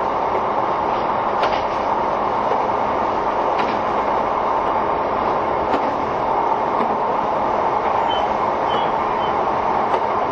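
A train runs steadily with a dense, even rumbling roar, faint rhythmic clacks from the wheels and a brief high squeal near eight seconds.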